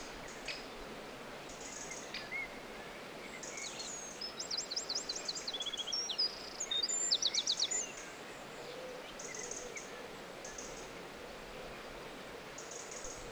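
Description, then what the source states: Bird song: after quiet ticking, a run of fast, high, evenly pulsed trills and a brief whistle, then calm again. Forest birdsong.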